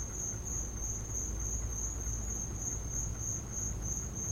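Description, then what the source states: Crickets chirping in a steady, continuous high trill with a low rumble of background noise underneath. Crickets in the recordist's back yard; field recording.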